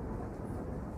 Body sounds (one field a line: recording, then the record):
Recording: background sound without coughing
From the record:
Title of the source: Train Ride Ambience ambient white noise for sleeping, focus, studying, reading